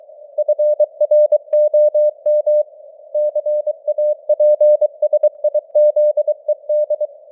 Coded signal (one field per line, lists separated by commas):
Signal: Morse code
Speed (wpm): 23 wpm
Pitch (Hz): 600 Hz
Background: none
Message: FROM CAPSIZED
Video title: Morse Code News | 2025-11-10 | 23wpm